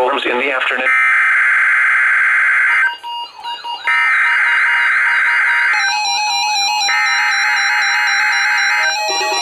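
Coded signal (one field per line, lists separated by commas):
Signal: Emergency Alert System (SAME) tones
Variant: header bursts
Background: speech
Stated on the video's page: NOAA Weather Radio required weekly test from the Milwaukee, Wisconsin transmitter.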